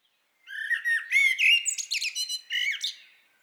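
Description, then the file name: Common blackbird song phrase lasting about three seconds, mellow warbled notes near the low end mixed with rapid high twittering and squeaky flourishes, fading at the end. "Turdus merula"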